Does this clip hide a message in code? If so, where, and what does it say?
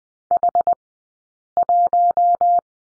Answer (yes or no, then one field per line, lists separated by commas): yes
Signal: Morse code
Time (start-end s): 0.3-2.6 s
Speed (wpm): 20 wpm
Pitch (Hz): 700 Hz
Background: none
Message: H1